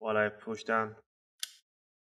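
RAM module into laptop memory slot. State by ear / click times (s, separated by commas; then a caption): seated / 1.4 s. A RAM module is inserted at an angle into the memory slot of a Lenovo G50 laptop and pushed down until the retaining clips snap. Someone talks for about the first second, then a sharp click is heard at 1.4 seconds. The RAM is seated in place.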